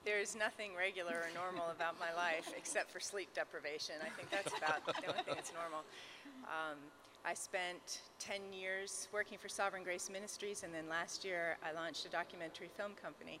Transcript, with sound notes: There is nothing regular or normal about my life except for sleep deprivation. I think that’s about the only thing that’s normal. (laughter) I spent ten years working for Sovereign Grace Ministries, and then last year I launched a documentary film company.